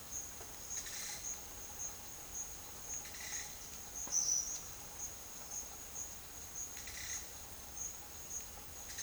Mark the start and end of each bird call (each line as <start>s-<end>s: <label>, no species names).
4.00s-4.54s: bird call